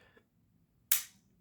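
A DJI Action 3 action camera is brought to its magnetic quick-release mount base, and the magnet pulls it in so it snaps into place. After near silence, a single sharp, loud click at 0.9 s rings out briefly, and the camera is seated on the mount.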